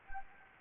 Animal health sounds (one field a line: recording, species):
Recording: mosquito wingbeat signal from an infrared sensor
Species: Anopheles gambiae